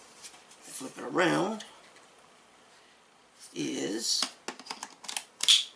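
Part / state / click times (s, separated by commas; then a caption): vacuum extension tube into stick vacuum body / seated / 5.4 s. The extension tube of a Greenote GSC40 3-in-1 rechargeable cordless stick vacuum is flipped around and pushed onto the vacuum body while someone talks. A run of short plastic clicks and rattles follows, and the spring-loaded button latches with a sharp, definitive click at 5.4 s. The tube is seated securely in place.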